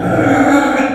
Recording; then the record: squeal of a Yucatan mini pig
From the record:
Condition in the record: after surgery on the right vocal fold (resection and tissue-engineered implant); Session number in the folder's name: 4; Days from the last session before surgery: 26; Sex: female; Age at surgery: 19 weeks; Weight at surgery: 25 kg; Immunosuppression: prednisolone